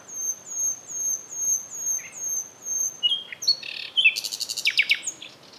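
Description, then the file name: Common nightingale song: a run of high, thin descending whistles repeated several times, then abrupt buzzy notes and a fast rattling series. "Luscinia megarhynchos"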